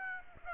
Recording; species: mosquito wingbeat signal from an infrared sensor; Aedes aegypti